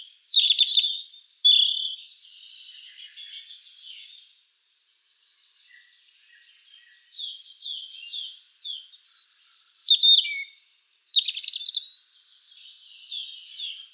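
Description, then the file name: European robin song: several phrases of high warbled notes mixed with fast buzzy trills, separated by short pauses, with thin squeaks near the end. "Erithacus rubecula"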